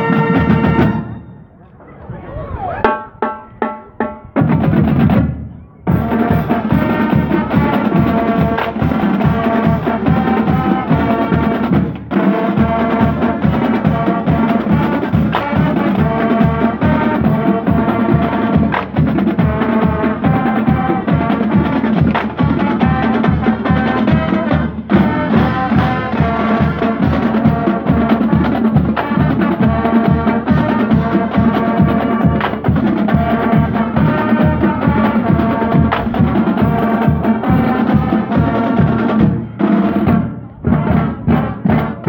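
A parade drumline plays loud, starting with a few scattered hits before settling around six seconds into a steady, dense groove of rapid, regular beats. Sustained tones ring over the drumming, and the sound stays strong and unbroken until a short dip near the end.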